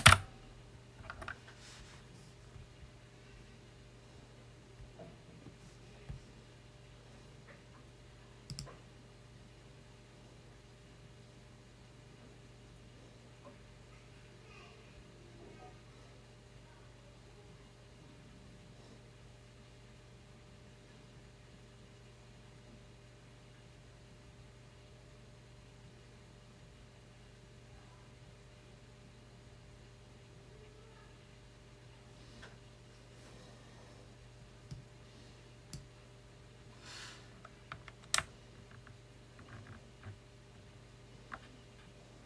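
Close-up sounds of working at a loud mechanical keyboard, with only scattered key clicks and short clacks rather than steady typing, clustering near the start and again around 35 to 38 seconds. A constant low hum with a fainter higher drone runs underneath throughout.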